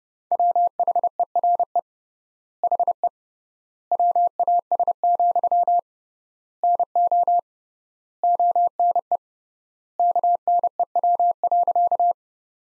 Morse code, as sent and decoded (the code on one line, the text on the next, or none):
.-- .... . .-. . / .... . / .-- .- ... --..-- / -. --- / --- -. . / -.- -. . .-- .-.-.-
WHERE HE WAS, NO ONE KNEW.